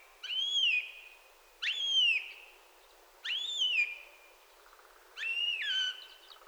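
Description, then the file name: Eurasian jay uttering four plaintive, whistled mewing calls, each swelling up then falling away, repeated at irregular intervals of over a second. "Garrulus glandarius"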